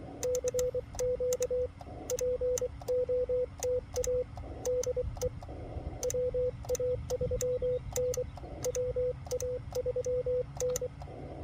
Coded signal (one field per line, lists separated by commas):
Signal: Morse code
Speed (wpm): 24 wpm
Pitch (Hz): 500 Hz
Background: radio noise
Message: CQ POTA DE WA3N WA3N